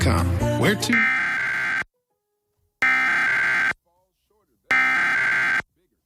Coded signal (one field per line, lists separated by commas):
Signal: Emergency Alert System (SAME) tones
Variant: header bursts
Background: speech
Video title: Los Angeles Required Monthly Test (EAS #1039-1101) 8/29/23